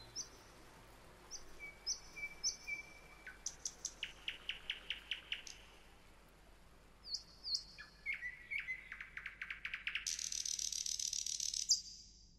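Bird calling, high thin whistles and quick runs of sharp chirps, then a fast buzzy trill near the end.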